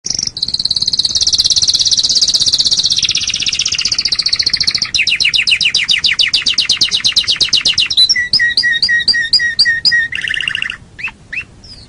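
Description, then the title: Canary in loud, continuous song: long sustained rolling trills shifting into rapid pulsed trills, then chopped repeated notes and a few sharp chirps. "Kenari"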